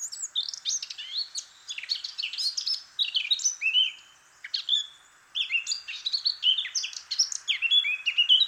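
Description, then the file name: Eurasian blackcap song: rapid, varied warbling with sharp high notes and slurred whistles, broken by a few short pauses. "Sylvia atricapilla"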